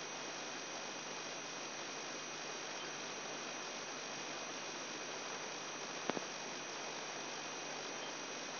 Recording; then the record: brain microelectrode recording played as sound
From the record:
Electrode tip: inside the subthalamic nucleus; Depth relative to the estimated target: -1 mm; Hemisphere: right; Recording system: AlphaMap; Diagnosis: Parkinson's disease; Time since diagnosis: 10 years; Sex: male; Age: 58 years